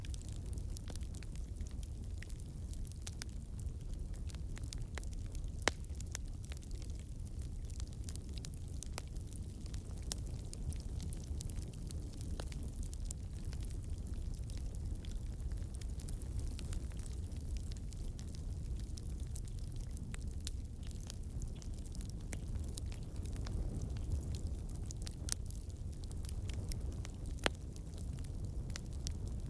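A campfire burns steadily, with a deep, low roar underneath and a thin hiss on top. Small pops and crackles come every few seconds, sharper snaps near 6 and 27 seconds. It sounds even throughout, with no other sounds around it.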